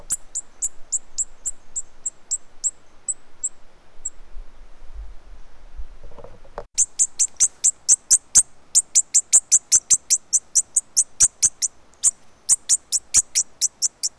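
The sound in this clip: Bird with high chip notes that slow and fade, a brief low rumble, then a fast, loud, steady stream of piercing chips to the end.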